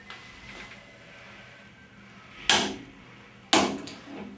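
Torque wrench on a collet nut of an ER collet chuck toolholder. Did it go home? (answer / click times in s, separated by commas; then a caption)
yes / 2.5 s, 3.5 s. A torque wrench set to 70 foot-pounds tightens the collet nut (bearing nut) on an ER collet chuck toolholder holding a simulated shank. Faint handling noise leads into two sharp clicks at 2.5 and 3.5 seconds. The nut is confirmed torqued to 70 foot-pounds.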